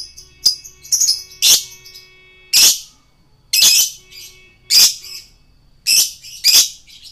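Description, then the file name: Lovebird squawking: loud, grating high screeches roughly once a second, mixed with thinner chattering squeaks between them. Male lovebird in continuous, prolific singing style called gacor. "suara lovebird jantan gacor"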